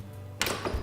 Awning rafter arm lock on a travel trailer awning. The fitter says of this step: lean back until you hear it click okay so now it's nice and nice and solid okay